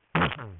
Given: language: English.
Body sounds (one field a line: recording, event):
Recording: throat vibration sensor signal played as sound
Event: throat clearing